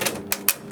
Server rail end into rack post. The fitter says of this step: there it's kind of already locked in place and then pop that thing in that it's not